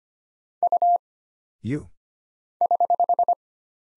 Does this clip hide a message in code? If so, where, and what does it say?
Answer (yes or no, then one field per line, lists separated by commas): yes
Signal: Morse code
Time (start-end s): 0.6-3.3 s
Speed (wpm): 25 wpm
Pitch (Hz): 700 Hz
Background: none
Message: U <HH>